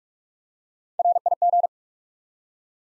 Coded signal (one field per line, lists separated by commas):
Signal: Morse code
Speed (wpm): 46 wpm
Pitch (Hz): 700 Hz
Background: none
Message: RIG